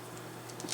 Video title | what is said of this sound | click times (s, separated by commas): Open It! | and it just folds back down in there and snaps in place | 0.7 s